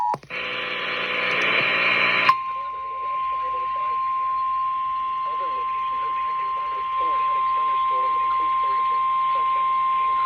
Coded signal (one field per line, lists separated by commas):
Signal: Emergency Alert System (SAME) tones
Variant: 853 and 960 Hz attention tone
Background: speech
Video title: Typical May T-Storms - EAS Alerts from 05/10/21 (EAS #229-238)